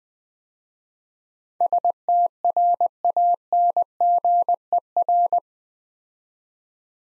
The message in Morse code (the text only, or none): STRANGER